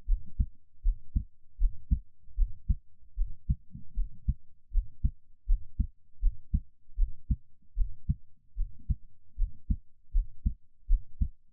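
A person's own heartbeat, heard close up: steady, muffled low thumps in paired beats, about 79 per minute, with a regular rhythm.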